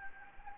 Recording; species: mosquito wingbeat signal from an infrared sensor; Anopheles gambiae